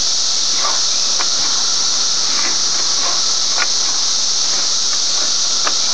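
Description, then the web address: Cicadas singing in a loud, unbroken hissing drone, with faint scattered clicks and ticks sounding now and then. Recorded 27 May 2004. "fleur cicadas"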